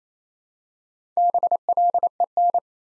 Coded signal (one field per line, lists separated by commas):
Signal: Morse code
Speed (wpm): 29 wpm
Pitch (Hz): 700 Hz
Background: none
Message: BLEN